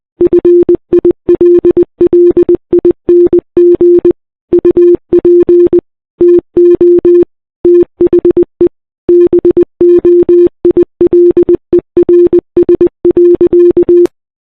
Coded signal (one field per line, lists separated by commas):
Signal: Morse code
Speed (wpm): 20 wpm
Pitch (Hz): 350 Hz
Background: none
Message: FILLING UP TO THE BOILERS.